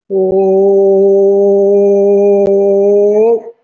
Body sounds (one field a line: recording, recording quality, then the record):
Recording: sustained vowel as in boot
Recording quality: excellent, no background noise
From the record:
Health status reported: respiratory illness, not identified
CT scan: taken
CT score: 0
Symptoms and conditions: cough, cold, asthma, chronic lung disease, pneumonia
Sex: male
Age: 62 years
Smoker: no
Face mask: not worn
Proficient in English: no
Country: India